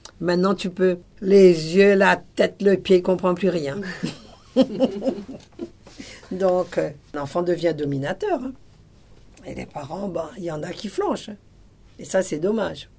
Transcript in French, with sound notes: Maintenant, tu peux, les yeux, la tête, le pied…il ne comprend plus rien. (rire) L’enfant devient dominateur. Et les parents, il y en a qui flanchent. Et ça c’est dommage.